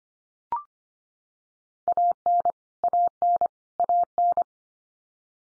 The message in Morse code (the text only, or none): AN AN AN